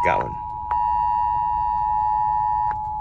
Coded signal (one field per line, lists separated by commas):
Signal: Emergency Alert System (SAME) tones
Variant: 853 and 960 Hz attention tone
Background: speech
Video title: National Periodic Test (EAS Alerts: #256) - 8/11/21